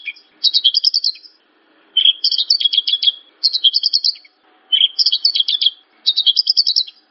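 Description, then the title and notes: Bird singing in several short bursts of rapid, bright chirping notes separated by brief pauses. Chirping bird song used for training pet birds to sing. "Suara Kicauan Burung untuk memaster burung kesayangan"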